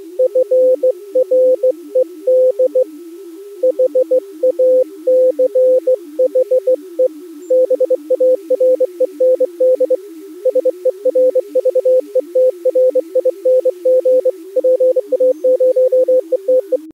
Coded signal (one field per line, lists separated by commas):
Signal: Morse code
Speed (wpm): 18 wpm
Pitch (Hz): 510 Hz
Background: music, radio noise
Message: FRED HACHE BAREND SERVETRING PA0ETE